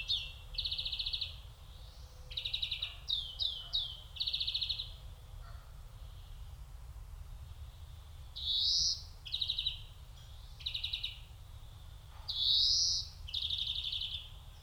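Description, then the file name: European greenfinch giving buzzy trilled notes and rising nasal wheezes, interspersed with quick chirps, over a steady low rumble. "Chloris chloris"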